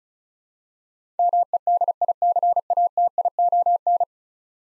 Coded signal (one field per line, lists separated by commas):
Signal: Morse code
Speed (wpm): 36 wpm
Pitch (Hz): 700 Hz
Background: none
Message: MEDICATION